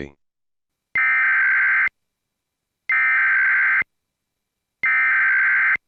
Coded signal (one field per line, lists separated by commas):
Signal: Emergency Alert System (SAME) tones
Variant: header bursts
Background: speech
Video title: EAS Scenario: Rouge.EXE - A Halloween Special